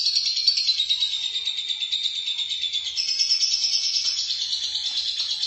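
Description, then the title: Lovebird chattering: a steady torrent of fast, harsh, high twitters, keeping an even rhythm throughout. "BM Suara Burung Lovebird"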